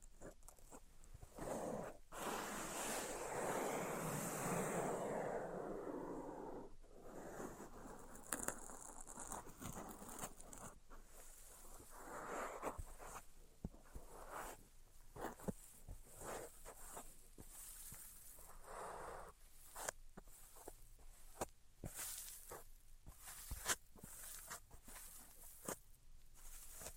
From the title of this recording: Tapping, Scratching, and Tracing Sounds